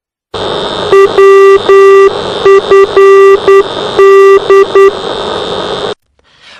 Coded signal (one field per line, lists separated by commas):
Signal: Morse code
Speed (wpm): 9 wpm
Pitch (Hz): 390 Hz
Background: radio noise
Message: WFD